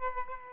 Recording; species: mosquito wingbeat signal from an infrared sensor; Aedes aegypti